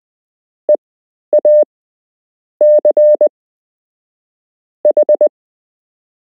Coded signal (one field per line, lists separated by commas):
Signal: Morse code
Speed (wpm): 20 wpm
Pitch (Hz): 600 Hz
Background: none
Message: EACH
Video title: You can learn Morse code - Part 2